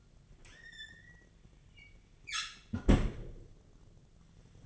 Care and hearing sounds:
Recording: daily activity, microphone in the room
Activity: close fridge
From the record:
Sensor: 4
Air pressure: 1010.5 hPa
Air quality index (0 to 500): 177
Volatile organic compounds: 5 ppm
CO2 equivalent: 1800 ppm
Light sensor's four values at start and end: 27/81/32/32 and 33/96/38/38

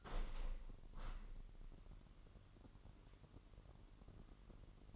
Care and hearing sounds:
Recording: daily activity, microphone in the room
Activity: open window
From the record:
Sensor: 4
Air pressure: 998.8 hPa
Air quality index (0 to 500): 115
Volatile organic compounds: 2 ppm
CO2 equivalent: 1128 ppm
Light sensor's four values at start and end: 10/24/9/10 and 10/24/9/10

